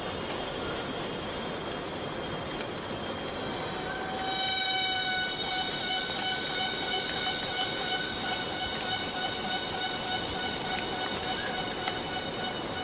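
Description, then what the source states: Cicada buzz, unbroken and high, joined about four seconds in by several steady whistling tones that hold to the end over a dense insect hum. Borneo rainforest.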